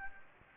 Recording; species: mosquito wingbeat signal from an infrared sensor; Anopheles gambiae